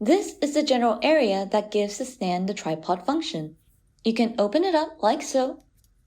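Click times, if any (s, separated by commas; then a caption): none. Someone talks while handling a folding phone tripod stand made of plastic and metal, opening up its tripod section so the small center magnet can snap into place to hold the legs securely. The clip ends before that magnetic snap; nothing has seated or clicked yet. Only a faint, tiny sound is heard near 5.8 seconds, after the talking stops.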